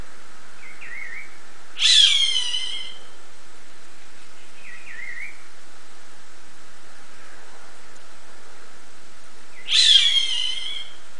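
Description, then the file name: Roadside hawk calling twice, about eight seconds apart, each a loud hoarse descending scream, with soft wavy whistled notes before and between over constant background hiss. "Gavião-Carijó"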